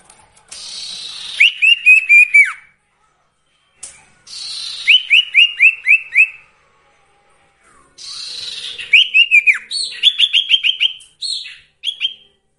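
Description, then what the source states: Sirtu song: three phrases, each a buzzy lead-in followed by a fast run of ringing whistled notes, with brief pauses between. Songbird training (masteran) with the full range of song variations.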